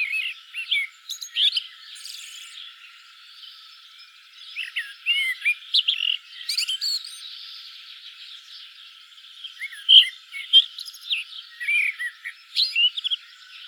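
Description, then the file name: Common blackbird song: clusters of warbled, fluty phrases with thin, high twittering ends, separated by quieter gaps. "Turdus merula"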